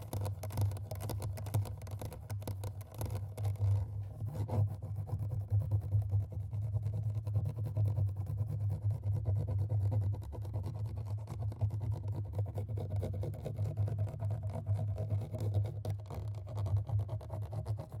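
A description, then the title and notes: Fast, aggressive scratching and tapping on a microphone, a dense, unbroken rush of rubbing and thumping with a heavy low rumble throughout. Quick sharper ticks flicker through it, thickest in the first few seconds, and the loudness stays fairly even for the whole clip. MIC scratch/tapping FAST&AGGRESSIVE. マイクのタッピングとスクラッチング・はやくてアグレッシブ.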